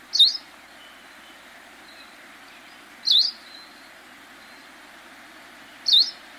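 Hawaii creeper giving short, sharp high chip notes, three about every three seconds, over a faint steady background hiss.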